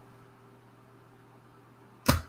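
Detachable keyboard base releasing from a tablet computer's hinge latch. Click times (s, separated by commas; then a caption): 2.1 s. With the detach button held, the locked detachable keyboard base of a Microsoft Surface tablet laptop releases from its hinge latch. A faint steady hum runs until one sharp click at 2.1 s, and the keyboard then pulls off.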